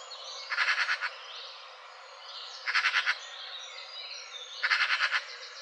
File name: Pica pica